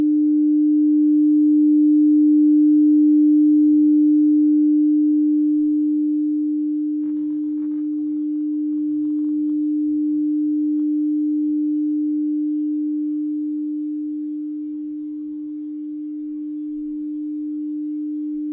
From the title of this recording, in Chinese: 颂钵（敲击、反转、正转）